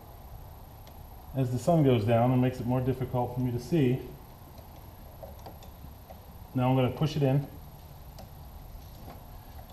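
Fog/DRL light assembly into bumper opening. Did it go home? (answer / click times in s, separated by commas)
partly / 8.2 s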